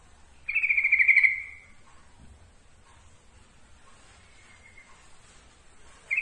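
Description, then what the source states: Yellow-vented bulbul song: a loud, fast trilled phrase lasting about a second, a faint thin trill later, and another phrase starting at the end. Trucukan song, for masteran training.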